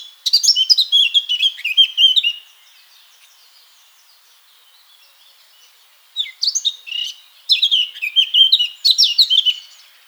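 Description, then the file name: Eurasian blackcap singing two bursts of busy, varied warbling, a pause of several seconds between them, the second phrase broken into quick short runs. "Sylvia atricapilla"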